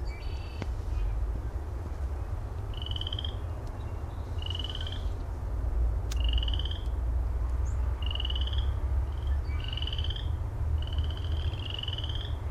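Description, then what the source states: Frogs giving short high trilled calls, each lasting about half a second and repeating roughly every one to two seconds, over a steady low rumble. Recorded at Heartland Meadows.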